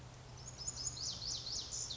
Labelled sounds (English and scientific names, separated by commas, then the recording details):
Pacific Wren (Troglodytes pacificus)
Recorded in Sonoma County, California